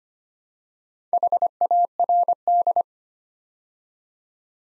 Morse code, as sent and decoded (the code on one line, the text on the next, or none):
.... .- .-. -..
HARD